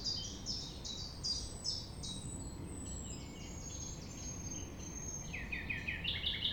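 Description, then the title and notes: Common nightingale song: a string of loud clipped notes, a thin drawn-out whistle, then a fresh burst of rapid chirps near the end. 6 a.m. at sunrise near the Thève at Champ de Ménage; the nightingale sings without waiting for silence. "6 A.M. Lever du soleil non loin de la Thève au Champ de Ménage. Le rossignol n'attend pas le silence."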